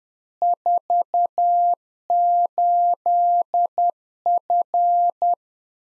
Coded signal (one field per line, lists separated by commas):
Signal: Morse code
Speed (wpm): 10 wpm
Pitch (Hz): 700 Hz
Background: none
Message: 48F